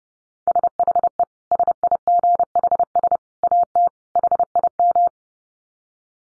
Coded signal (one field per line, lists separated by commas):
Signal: Morse code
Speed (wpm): 28 wpm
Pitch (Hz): 700 Hz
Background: none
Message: SHE SIGHS AT HIM